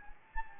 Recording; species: mosquito wingbeat signal from an infrared sensor; Anopheles gambiae